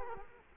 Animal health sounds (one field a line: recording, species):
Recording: mosquito wingbeat signal from an infrared sensor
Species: Culex quinquefasciatus